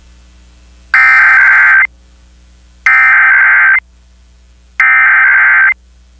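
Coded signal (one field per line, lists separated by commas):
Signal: Emergency Alert System (SAME) tones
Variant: header bursts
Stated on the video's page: Monthly tests for Bay Area and Kern areas.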